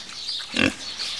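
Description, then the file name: Domestic pig giving a single short grunt-squeal in the middle, with a steady hiss in the background. A sow and a piglet. "swinia i prosie"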